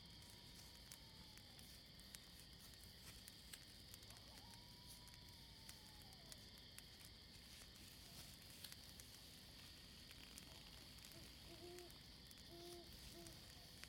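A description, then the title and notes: A campfire crackles with frequent sharp snaps over a steady hiss and insect drone, while soft hooting calls sound around four and twelve seconds. The soothing sounds of a campfire.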